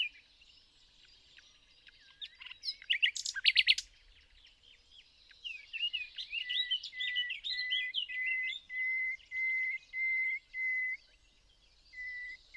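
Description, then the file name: Common nightingale song with a loud burst of notes, varied twittering, then a slow series of pure drawn-out whistles. "Luscinia megarhynchos"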